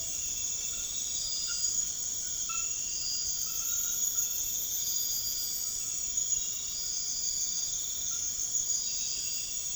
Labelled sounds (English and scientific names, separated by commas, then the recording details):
none
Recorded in secondary vegetation near Puerto Asís, Putumayo, Colombia, on 13 March 2025 at 00:30
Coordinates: 0.488, -76.319
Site G095